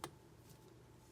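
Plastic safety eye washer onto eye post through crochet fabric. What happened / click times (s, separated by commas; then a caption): The plastic backing snapped onto the post / 0.0 s. A plastic washer is pushed onto the post of a safety eye from inside a small crocheted amigurumi bat, and it locks on with a sharp tick at 0.0 s. After the tick, only faint low background sound remains, and the eye backing is seated.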